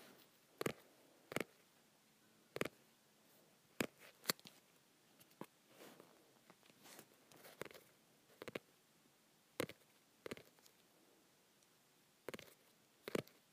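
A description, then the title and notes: Fingers tap on a softcover book, short dry knocks that come at an uneven pace, about one or two each second, some sharp and some softer. A faint rustle fills the gaps. Tapping my Softcover Books.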